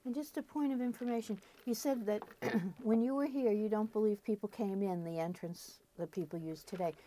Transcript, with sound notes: And just a point of information. You said that [clears throat] when you were here you don't believe people came in the entrance that people use today.